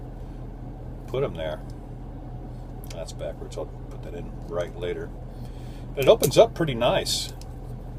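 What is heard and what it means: A folding multitool with a spring-loaded plier head is handled and opened, with the head being swung toward its handles while someone talks over a steady low hum. A few soft handling rattles and brief bright metallic ticks come around 6 to 7 seconds. Nothing has seated or clicked yet; the plier head has not locked into its handles by the end.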